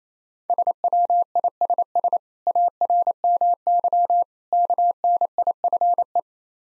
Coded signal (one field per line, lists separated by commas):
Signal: Morse code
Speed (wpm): 28 wpm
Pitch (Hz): 700 Hz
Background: none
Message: SWISS ARMY KNIFE